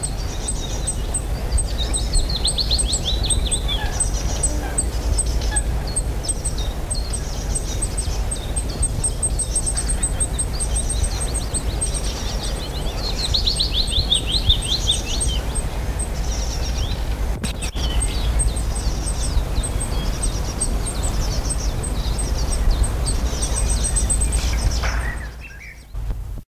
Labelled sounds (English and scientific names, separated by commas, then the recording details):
Reed Bunting (Emberiza schoeniclus) call
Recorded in the wild
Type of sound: call
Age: subadult
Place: Laatzen, Niedersachsen, DE
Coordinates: 52.3089, 9.8081
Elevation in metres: 63
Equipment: Halbspur, 9,5 cm/s
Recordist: Lütgens, Hans
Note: Flügges gefüttert